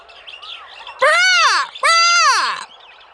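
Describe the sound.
Monkey calls: two loud, harmonic wailing cries, each arching up then sliding down and lasting under a second, with faint sounds before and after.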